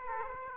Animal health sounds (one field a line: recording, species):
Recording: mosquito wingbeat signal from an infrared sensor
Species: Aedes aegypti